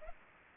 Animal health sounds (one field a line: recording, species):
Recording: mosquito wingbeat signal from an infrared sensor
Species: Anopheles arabiensis